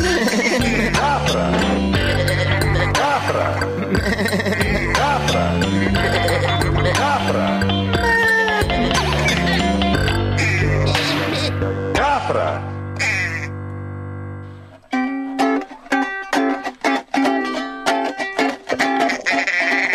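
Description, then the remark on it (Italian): Wavering bleats of lambs or goats ring out over a dense, loud musical backdrop, which drops out near the end into a choppy rhythmic passage. “Questi sono agnelli?”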